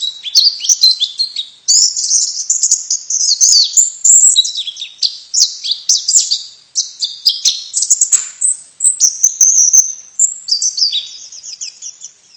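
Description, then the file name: White-eye calls: a continuous, jumbled high twitter of quick chirps and thin slurred notes with brief breaks. Female bird. "suara pleci betina"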